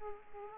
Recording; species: mosquito wingbeat signal from an infrared sensor; Aedes aegypti